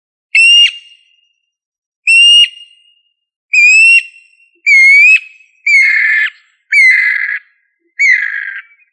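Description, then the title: Bird song: seven loud whistled notes, each rising slightly, the later ones ending in a harsh buzzy rasp, spaced one to two seconds apart against silence. "LuckyPassaro Completos2Sama"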